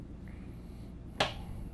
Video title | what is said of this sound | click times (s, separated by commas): SOLD 2025 Renegade 40 VRB Verona from Performance Motorcoaches | always make sure it clicks K don't | 1.2 s